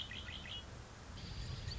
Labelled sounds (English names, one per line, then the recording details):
Red-winged Blackbird
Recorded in Sonoma County, California